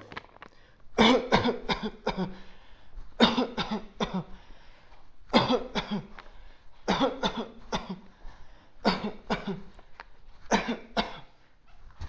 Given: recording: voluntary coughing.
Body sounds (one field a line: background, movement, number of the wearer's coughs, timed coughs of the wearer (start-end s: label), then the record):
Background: quiet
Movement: walking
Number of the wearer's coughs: 16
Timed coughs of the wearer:
0.96-1.30 s: cough
1.30-1.67 s: cough
1.67-2.04 s: cough
2.04-2.41 s: cough
3.18-3.56 s: cough
3.56-3.92 s: cough
3.98-4.22 s: cough
5.31-5.67 s: cough
5.74-6.08 s: cough
6.85-7.19 s: cough
7.22-7.54 s: cough
7.72-8.03 s: cough
8.83-9.20 s: cough
9.29-9.70 s: cough
10.49-10.88 s: cough
10.95-11.31 s: cough
From the record:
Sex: male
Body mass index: 20.6 kg/m2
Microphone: on the chest, facing outward